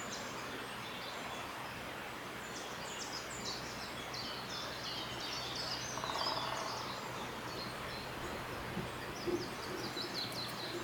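Birdsong in Snowdonia, North Wales: scattered bright chirps and trills over a steady low hum and a dense hiss of outdoor noise.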